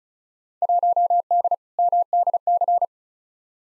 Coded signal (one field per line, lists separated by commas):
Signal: Morse code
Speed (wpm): 34 wpm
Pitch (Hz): 700 Hz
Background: none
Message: 1D MDC